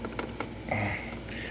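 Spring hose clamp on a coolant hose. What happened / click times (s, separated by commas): The spring clamp snapped open / 0.7 s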